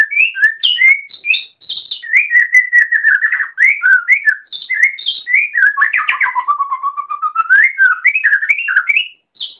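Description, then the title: Oriental magpie-robin song with looping whistled phrases, high squeaky accents, and a long descending trill in the middle. Magpie-robin chirping. "Kicau Kacer"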